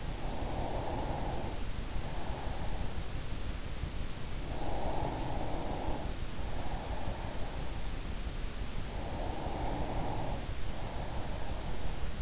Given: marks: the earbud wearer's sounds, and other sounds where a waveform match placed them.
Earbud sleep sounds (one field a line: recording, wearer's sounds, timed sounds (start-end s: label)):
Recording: sounds in sleep by an in-ear microphone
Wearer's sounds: breath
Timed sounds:
0.00-3.43 s: breath
4.31-7.83 s: breath
8.62-12.22 s: breath